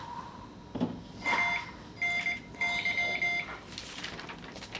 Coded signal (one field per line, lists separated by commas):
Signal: Morse code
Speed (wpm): 19 wpm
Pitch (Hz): 2100 Hz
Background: none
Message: ANY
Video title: Morse Code Intermediate Class 2